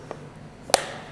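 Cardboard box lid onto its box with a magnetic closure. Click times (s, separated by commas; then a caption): 0.7 s. The magnetic flap lid of a cardboard gift box is closed onto the box, with a faint tap at 0.1 s. A single sharp, loud snap follows at 0.7 s as the magnetic closure pulls the lid shut and it seats in place.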